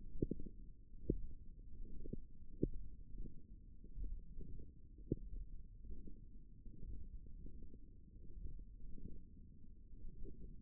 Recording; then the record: forearm muscle sounds (acoustic myography)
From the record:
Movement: wrist flexion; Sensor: system 1, eight BSWA MPA416 microphones around the upper forearm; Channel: 1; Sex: female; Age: 22 years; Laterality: right